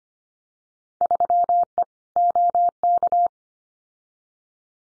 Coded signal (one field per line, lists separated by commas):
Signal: Morse code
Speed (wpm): 25 wpm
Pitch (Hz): 700 Hz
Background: none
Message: 3E OK